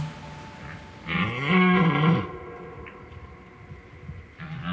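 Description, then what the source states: Red deer bellowing in rut, one deep drawn-out roar lasting about a second, rough and moaning, over a faint background hiss. Rut (brame) well underway for eight days; microphones set in the evening, calls came during the night.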